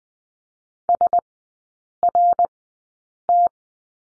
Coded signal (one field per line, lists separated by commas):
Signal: Morse code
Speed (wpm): 20 wpm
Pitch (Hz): 700 Hz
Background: none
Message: SRT